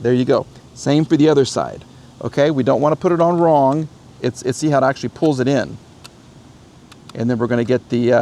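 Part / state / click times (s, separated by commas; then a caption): side camera module onto dash cam main unit mount / not seated / none. The second side camera module is fitted onto the mount of a Botslab G980H dash cam's main unit, where magnets pull it in, while someone talks. Two faint, brief ticks occur in a pause near 6.1 and 6.9 s. Nothing has seated or clicked yet by the end.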